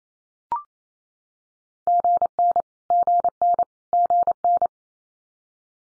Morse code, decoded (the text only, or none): GN GN GN